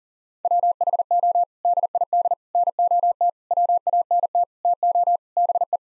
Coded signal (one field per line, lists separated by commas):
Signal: Morse code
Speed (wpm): 37 wpm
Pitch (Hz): 700 Hz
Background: none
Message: WHO DID NOT WANT TO BE